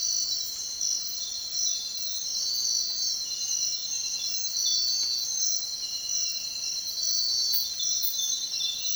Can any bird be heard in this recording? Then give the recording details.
no. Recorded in secondary vegetation near Puerto Asís, Putumayo, Colombia, on 22 June 2025 at 05:30. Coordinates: 0.499, -76.323. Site G077